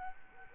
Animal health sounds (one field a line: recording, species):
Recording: mosquito wingbeat signal from an infrared sensor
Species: Aedes albopictus